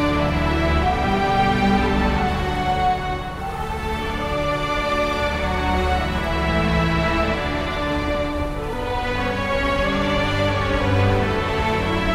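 Epic music swells with sustained, layered tones that hold steady and full throughout, with a deep low rumble underneath and bright upper notes on top. Loudness stays nearly even, dipping slightly around three seconds, with a soft airy hiss blending in.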